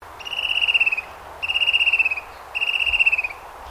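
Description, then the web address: Fan-tailed Cuckoo call: three high, rapid, slightly descending trills, each lasting under a second, with short pauses between, over a faint low rumble. Recorded in Queensland. "Sound Effects-Foundation 1 BIRD FAN TAILED CUCKOO CALL"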